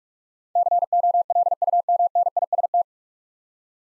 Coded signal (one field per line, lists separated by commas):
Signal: Morse code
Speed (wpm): 42 wpm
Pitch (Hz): 700 Hz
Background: none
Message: COLUMNIST